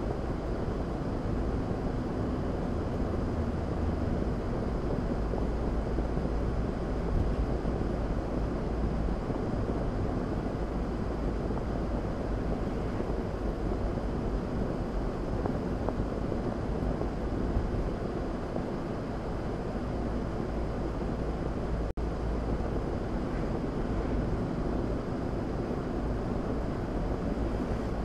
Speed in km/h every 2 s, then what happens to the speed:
53, 56, 56, 56, 53, 52, 48, 50, 53, 56, 56, 53, 53, 55.
0-6 steady at about 56. 6-13 slows to 48. 13-18 speeds up to 56. 18-28 steady at about 55.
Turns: none.